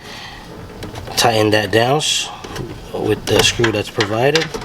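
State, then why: Not seated. A flash's hot shoe is being fitted into the camera's flash mount and tightened down with the supplied screw while someone talks. A brief sharp sound occurs at 0.8 s amid low handling noise. The flash has not seated or locked into place yet.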